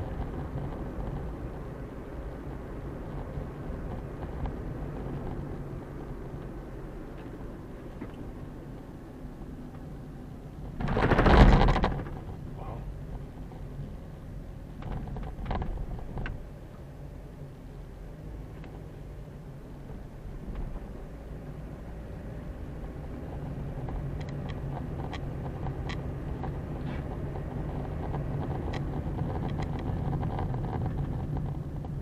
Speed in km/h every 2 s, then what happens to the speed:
43, 42, 40, 33, 26, 19, 15, 13, 13, 14, 15, 19, 23, 26, 29, 24.
0-14 slows to 13. 14-20 steady at about 13. 20-27 speeds up to 29.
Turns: none.